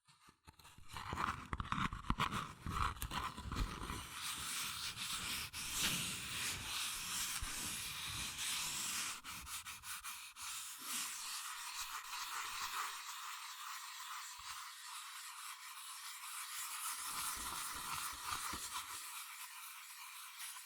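Fast tapping, scratching and tracing on cardboard and paper, a dense dry rustle that runs the whole length. The first ten seconds carry heavier, thumpier taps and scrapes; later the sound thins to lighter, brighter scratching with brief bursts of firmer tapping.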